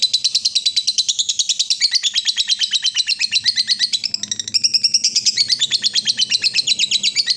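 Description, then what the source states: Yellow-vented bulbul chattering calls: a dense, rapid stream of high, scratchy notes, continuous throughout, with a brief break near the middle. Used as a bird lure (pikat).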